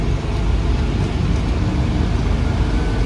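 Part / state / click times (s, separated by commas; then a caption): fuel pre-filter element into filter housing / not seated / none. A fuel pre-filter element is lined up in its orange recess in the filter housing, ready to be pushed home on a Mercedes Econic truck. Only steady low-frequency vehicle and traffic-like rumble is heard, with no sudden sounds. Nothing has seated or clicked yet.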